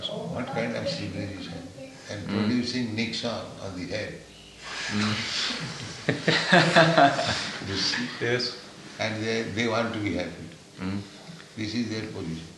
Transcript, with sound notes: What kind of civilization? And producing Nixon on the head. [laughter]
Yes.
And they want to be happy. This is their position.